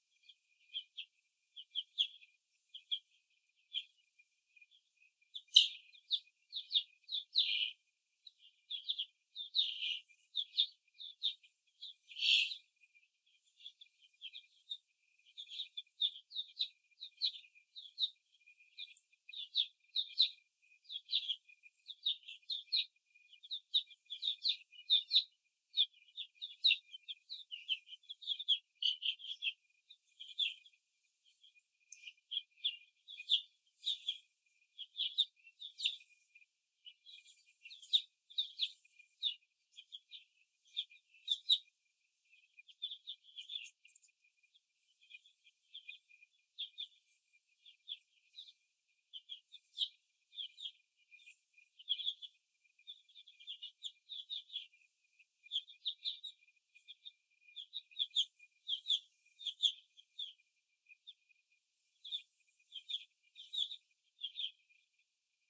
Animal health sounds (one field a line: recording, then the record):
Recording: young laying hens in a cage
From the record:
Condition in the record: after the stressor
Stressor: simulated dog barking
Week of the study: 2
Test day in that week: 2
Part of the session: 3